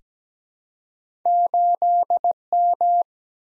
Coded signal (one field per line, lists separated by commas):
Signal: Morse code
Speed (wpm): 17 wpm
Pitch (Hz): 700 Hz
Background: none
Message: 8M